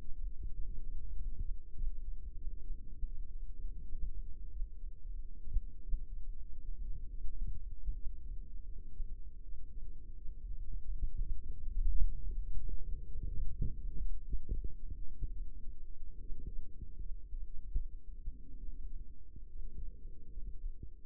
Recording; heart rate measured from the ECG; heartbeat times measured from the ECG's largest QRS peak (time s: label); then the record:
heart sounds by microphone in the right ear; 82 bpm
0.55 s: heartbeat
1.18 s: heartbeat
1.77 s: heartbeat
2.37 s: heartbeat
3.08 s: heartbeat
3.85 s: heartbeat
4.52 s: heartbeat
5.14 s: heartbeat
5.85 s: heartbeat
6.62 s: heartbeat
7.31 s: heartbeat
7.96 s: heartbeat
8.66 s: heartbeat
9.45 s: heartbeat
10.19 s: heartbeat
10.85 s: heartbeat
11.54 s: heartbeat
12.29 s: heartbeat
13.08 s: heartbeat
13.78 s: heartbeat
14.49 s: heartbeat
15.32 s: heartbeat
16.22 s: heartbeat
17.01 s: heartbeat
17.75 s: heartbeat
18.59 s: heartbeat
19.48 s: heartbeat
20.32 s: heartbeat
From the record:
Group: healthy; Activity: rest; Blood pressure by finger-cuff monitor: 142/58 mmHg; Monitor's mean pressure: 82 mmHg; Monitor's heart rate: 81 bpm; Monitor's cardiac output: 9.1 L/min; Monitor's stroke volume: 111 mL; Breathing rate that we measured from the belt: 19 breaths a minute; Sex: female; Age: 22 years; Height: 160 cm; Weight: 63 kg